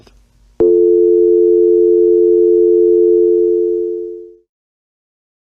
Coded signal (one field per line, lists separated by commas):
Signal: telephone call progress tone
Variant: North America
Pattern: dial tone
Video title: FLARE - Zombie Virus EAS Scenario